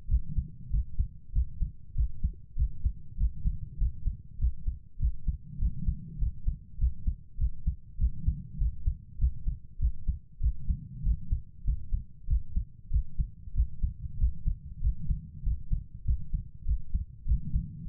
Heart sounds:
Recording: heart sounds by stethoscope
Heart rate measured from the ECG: 98 bpm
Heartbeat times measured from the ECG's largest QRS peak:
0.07 s: heartbeat
0.69 s: heartbeat
1.31 s: heartbeat
1.93 s: heartbeat
2.55 s: heartbeat
3.16 s: heartbeat
3.77 s: heartbeat
4.37 s: heartbeat
4.98 s: heartbeat
5.57 s: heartbeat
6.17 s: heartbeat
6.77 s: heartbeat
7.37 s: heartbeat
7.97 s: heartbeat
8.57 s: heartbeat
9.17 s: heartbeat
9.78 s: heartbeat
10.39 s: heartbeat
11.02 s: heartbeat
11.63 s: heartbeat
12.26 s: heartbeat
12.89 s: heartbeat
13.53 s: heartbeat
14.16 s: heartbeat
14.79 s: heartbeat
15.42 s: heartbeat
16.03 s: heartbeat
16.64 s: heartbeat
17.24 s: heartbeat
17.84 s: heartbeat
From the record:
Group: healthy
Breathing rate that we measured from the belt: 24 breaths a minute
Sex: female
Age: 32 years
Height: 172 cm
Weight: 71.7 kg

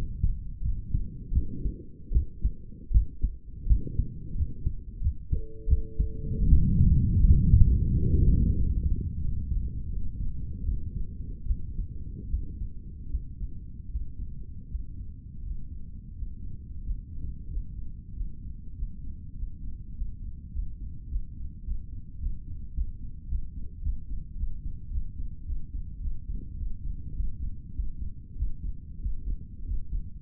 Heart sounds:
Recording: heart sounds by stethoscope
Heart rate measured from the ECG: 91 bpm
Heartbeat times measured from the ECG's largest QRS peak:
0.62 s: heartbeat
1.32 s: heartbeat
2.12 s: heartbeat
2.91 s: heartbeat
3.67 s: heartbeat
4.35 s: heartbeat
5.01 s: heartbeat
5.68 s: heartbeat
6.48 s: heartbeat
7.21 s: heartbeat
7.89 s: heartbeat
8.54 s: heartbeat
9.20 s: heartbeat
9.89 s: heartbeat
10.64 s: heartbeat
11.46 s: heartbeat
12.29 s: heartbeat
13.09 s: heartbeat
13.89 s: heartbeat
14.67 s: heartbeat
15.43 s: heartbeat
16.15 s: heartbeat
16.82 s: heartbeat
17.48 s: heartbeat
18.12 s: heartbeat
18.74 s: heartbeat
19.35 s: heartbeat
19.93 s: heartbeat
20.51 s: heartbeat
21.07 s: heartbeat
21.63 s: heartbeat
22.18 s: heartbeat
22.73 s: heartbeat
23.27 s: heartbeat
23.81 s: heartbeat
24.35 s: heartbeat
24.90 s: heartbeat
25.45 s: heartbeat
26.00 s: heartbeat
26.56 s: heartbeat
27.13 s: heartbeat
27.73 s: heartbeat
28.35 s: heartbeat
28.99 s: heartbeat
29.64 s: heartbeat
From the record:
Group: healthy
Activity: rest 0-9 s, breath hold 9-30 s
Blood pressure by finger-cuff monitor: 110/83 mmHg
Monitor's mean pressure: 91 mmHg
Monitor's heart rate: 91 bpm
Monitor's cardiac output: 5.8 L/min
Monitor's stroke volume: 70 mL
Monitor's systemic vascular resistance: 1090 dyn s/cm5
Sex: male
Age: 21 years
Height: 170 cm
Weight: 71 kg

